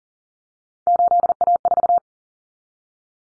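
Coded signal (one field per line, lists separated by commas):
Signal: Morse code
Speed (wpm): 40 wpm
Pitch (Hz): 700 Hz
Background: none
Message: 8A4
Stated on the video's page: Common three-digit cut numbers (T, A, N for 0, 1, 9) sent in Morse at 40wpm, each sent, spoken, then sent again for head-copy practice.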